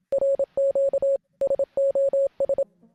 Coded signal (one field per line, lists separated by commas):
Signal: Morse code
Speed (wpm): 27 wpm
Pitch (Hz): 550 Hz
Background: none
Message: RQ SOS